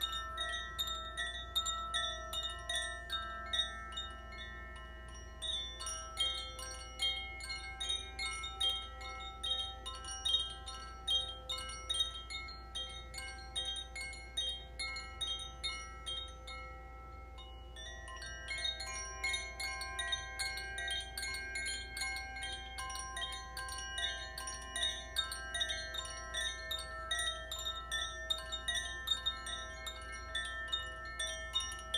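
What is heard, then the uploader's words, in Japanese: Wind chimes ring in a shimmering, sparkling wash, with bright tinkling strikes arriving constantly and long sustained tones overlapping beneath. The playing thins briefly around seventeen seconds before the dense glittering resumes. A low steady hum sits underneath throughout. コシチャイム #ザフィアチャイム #四大元素 #倍音。光がキラキラ煌めく様なチャイムを奏でました。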